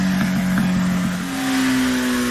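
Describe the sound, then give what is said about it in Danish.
A motorcycle engine revs with a steady, buzzing drone that climbs to a slightly higher pitch halfway through and holds there, loud and continuous with no voices. “Og hvis du begynder med at sætte en elcykel ind i bikermiljøet, så kan du lige så godt stoppe med at køre motorcykel jo.”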